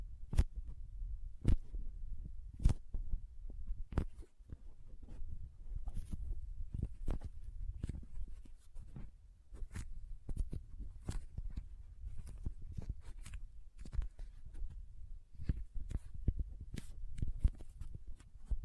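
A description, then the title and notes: Soft squishy, sticky handling sounds with frequent sharp crinkles and snips, irregular clicks scattered throughout over a low, muffled rumble. Soft Squishy Sticky, Crinkle, Cutting Sounds.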